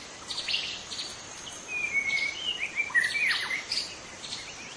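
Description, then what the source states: White-rumped shama song: a few high chirps, then a drawn-out whistle and slurred phrases, over a hissing background. In forest.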